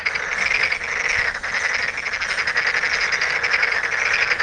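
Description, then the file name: Tokyo Daruma pond frog giving a steady buzzing, rattling stream of fast pulsed croaks without a pause. "frog tokyo-daruma-gaeru"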